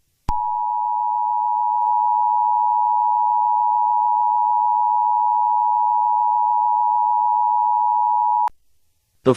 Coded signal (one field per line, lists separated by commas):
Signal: Emergency Alert System (SAME) tones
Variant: 853 and 960 Hz attention tone